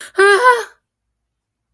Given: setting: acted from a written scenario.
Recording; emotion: vocal sound without words; distress